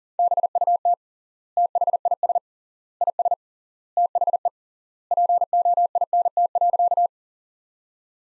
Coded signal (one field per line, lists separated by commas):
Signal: Morse code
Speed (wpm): 40 wpm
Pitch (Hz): 700 Hz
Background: none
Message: BUT THIS IS THE POINT.